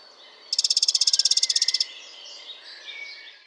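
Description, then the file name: Eurasian wren giving a dry rapid rattle of about twenty high ticking notes in just over a second, then fainter high chirps. "Troglodytes troglodytes"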